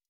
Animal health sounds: hydrophone in a shrimp aquaculture tank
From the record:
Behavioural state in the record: stressed

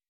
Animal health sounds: hydrophone in a shrimp aquaculture tank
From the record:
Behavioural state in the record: weakened

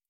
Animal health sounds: hydrophone in a shrimp aquaculture tank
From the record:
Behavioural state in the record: stressed

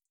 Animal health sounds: hydrophone in a shrimp aquaculture tank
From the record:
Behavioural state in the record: feeding

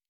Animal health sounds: hydrophone in a shrimp aquaculture tank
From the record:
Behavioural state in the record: normal

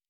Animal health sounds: hydrophone in a shrimp aquaculture tank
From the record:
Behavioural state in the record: normal

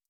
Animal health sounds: hydrophone in a shrimp aquaculture tank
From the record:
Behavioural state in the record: stressed

